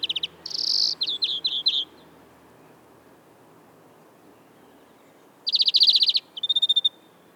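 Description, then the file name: European greenfinch song: a short burst, a buzzy note, then a quick series of twittering notes, silence for several seconds, then a rapid rattling trill and a short run of notes. "Chloris chloris"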